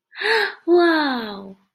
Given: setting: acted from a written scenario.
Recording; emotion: vocal sound without words; positive surprise